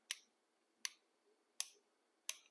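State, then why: Seated. The hammer of a single action revolver replica is drawn back by hand through its notches in the frame, giving four sharp, distinct metallic clicks at about 0.1, 0.9, 1.6 and 2.3 seconds. It matches the four clicks of a real single action army hammer and comes to rest at full cock.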